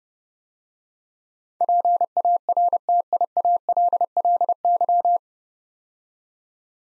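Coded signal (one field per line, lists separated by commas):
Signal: Morse code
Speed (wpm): 28 wpm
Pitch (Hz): 700 Hz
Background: none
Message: PARTIALLY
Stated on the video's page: Morse head-copy drill of 9-letter words at 30 wpm; first three letters spoken, then word sent, spoken, and sent again.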